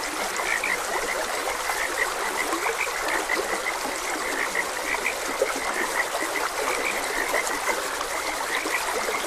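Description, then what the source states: Frogs croaking, quick repeated notes layered over the hiss and trickle of a gentle stream. Frogs croaking beside a gentle stream.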